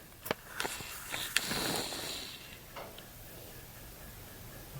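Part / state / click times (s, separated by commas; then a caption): SO-DIMM memory module into laptop memory slot / seated / 1.4 s. A second Samsung SO-DIMM memory module is pushed down into the memory slot of an HP Envy 15 laptop until its retaining clips latch. A few small taps and handling noises lead up to a sharp click at 1.4 s, followed by a brief scraping hiss that fades into quiet. The module is seated, completing the memory installation.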